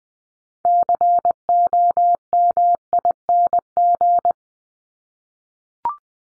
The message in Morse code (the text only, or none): COMING